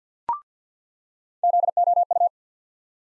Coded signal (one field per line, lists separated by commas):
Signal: Morse code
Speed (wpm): 50 wpm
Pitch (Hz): 700 Hz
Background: none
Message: ZOU